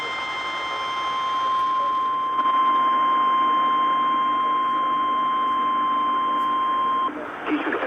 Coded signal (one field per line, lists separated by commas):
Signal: Emergency Alert System (SAME) tones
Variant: 1050 Hz attention tone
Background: speech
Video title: A crazy night of alerts from Iasias EAS#161-188 8/3/20-8/4/20